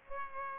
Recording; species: mosquito wingbeat signal from an infrared sensor; Aedes aegypti